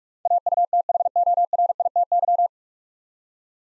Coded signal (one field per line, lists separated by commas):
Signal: Morse code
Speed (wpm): 44 wpm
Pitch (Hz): 700 Hz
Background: none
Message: AUTHORITY